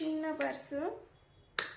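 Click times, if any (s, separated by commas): 1.6 s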